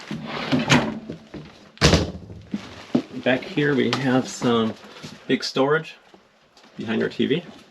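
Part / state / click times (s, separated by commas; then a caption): hinged TV panel latching into its cabinet frame / not seated / none. In a Dynamax Isata 5 34DS 4x4 Cummins diesel motorhome, the hinged swing-out TV panel is handled in front of the big storage space behind the TV while someone talks. Brief knocks are heard at about 1.3, 2.4 and 3.0 s. The panel has not latched into its cabinet frame yet, and nothing has seated or clicked.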